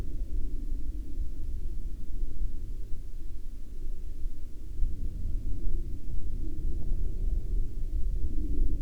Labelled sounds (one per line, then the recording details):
aircraft
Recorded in the Arctic National Wildlife Refuge, Alaska, on 9 May 2019 at 14:15
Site 35